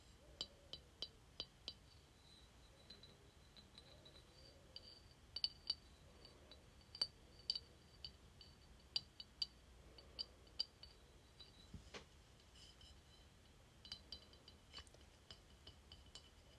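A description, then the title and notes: Light taps on a glass container come in irregular bursts throughout, sharp clicks with a bright ringing tone that lingers briefly after some strikes. Between taps a faint low hum and soft rumble persist, with a few slightly louder knocks near the middle. ASMR Tapping Glass Container.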